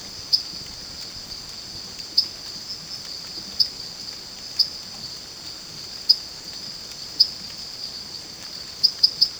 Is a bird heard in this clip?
no